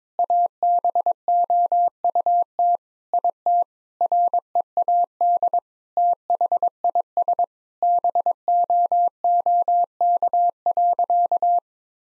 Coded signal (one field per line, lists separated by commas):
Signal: Morse code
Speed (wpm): 21 wpm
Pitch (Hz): 700 Hz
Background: none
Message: ABOUT IT READ THIS BOOK.